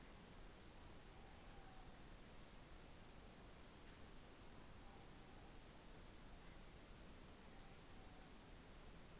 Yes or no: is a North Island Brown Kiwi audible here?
no